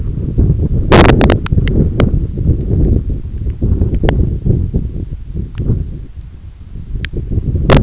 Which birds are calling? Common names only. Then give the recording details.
none. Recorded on Arctic tundra, site EABA-1, on 21 June 2018. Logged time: 16:00